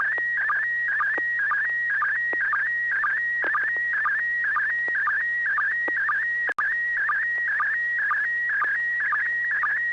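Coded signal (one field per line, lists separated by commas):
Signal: SSTV (slow-scan television)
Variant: PD-120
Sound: steady high warbling tone with rhythmic low chirps about twice a second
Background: low electrical hum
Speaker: Bob are you ready to send a picture oh sure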